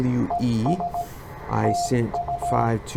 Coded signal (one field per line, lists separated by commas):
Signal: Morse code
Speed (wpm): 16 wpm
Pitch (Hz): 700 Hz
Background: speech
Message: ES TU